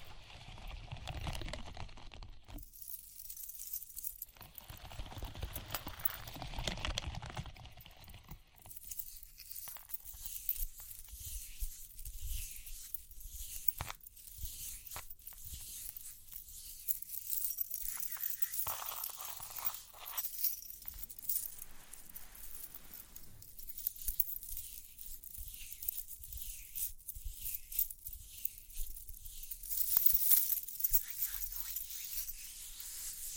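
Ear-cleaning sounds: soft scratching and rustling, with bursts of louder brushing early on and frequent quick taps and light jingling throughout.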